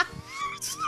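A high-pitched gurgle from an adult's stomach, bowel sounds (borborygmi), sounding like the stomach is crying.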